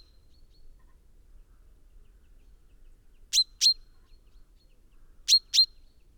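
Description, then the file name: Common chaffinch calling: after a quiet start, two paired bright metallic notes, the pairs about two seconds apart. "Fringilla coelebs"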